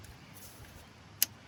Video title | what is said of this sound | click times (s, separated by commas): How to change a 6.7 cummins injection pump | Heard a click. | 1.2 s